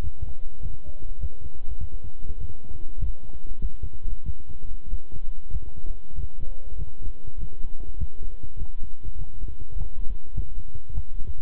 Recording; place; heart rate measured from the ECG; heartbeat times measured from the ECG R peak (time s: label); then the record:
heart sounds by stethoscope; between the tricuspid and mitral areas; 99 bpm
0.01 s: heartbeat
0.60 s: heartbeat
1.18 s: heartbeat
1.78 s: heartbeat
2.38 s: heartbeat
2.98 s: heartbeat
3.59 s: heartbeat
4.23 s: heartbeat
4.88 s: heartbeat
5.50 s: heartbeat
6.13 s: heartbeat
6.76 s: heartbeat
7.37 s: heartbeat
7.97 s: heartbeat
8.56 s: heartbeat
9.16 s: heartbeat
9.75 s: heartbeat
10.33 s: heartbeat
10.93 s: heartbeat
From the record:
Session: walking at 3.7 km/h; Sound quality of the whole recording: good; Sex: male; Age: 26 years